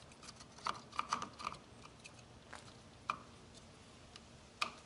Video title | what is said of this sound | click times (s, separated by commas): How To Restring a 2 sided spool On The Kobalt 80 volt Cordless Weed Eater Trimmer | it down and you're going here click in spot in place | 3.1 s, 4.6 s